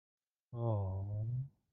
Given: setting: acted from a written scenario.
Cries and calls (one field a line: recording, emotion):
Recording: vocal sound without words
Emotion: guilt